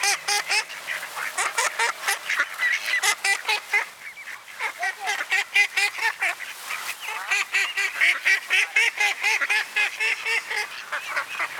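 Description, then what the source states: Ducks quacking, a series of clear nasal quacks in runs, with a short lull near the middle. Ducks at a pond (mlaka) in Borov gozdiček, a small pine grove.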